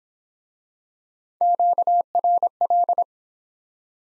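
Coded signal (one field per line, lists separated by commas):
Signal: Morse code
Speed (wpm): 22 wpm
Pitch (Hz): 700 Hz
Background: none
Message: QRL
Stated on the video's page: Morse practice at 17wpm in Speed-Racing format, starting at 1.5 times base speed and slowing; final repeat at maximum speed.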